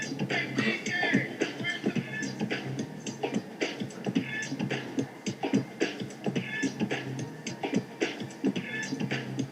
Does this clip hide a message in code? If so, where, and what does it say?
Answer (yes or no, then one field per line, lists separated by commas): no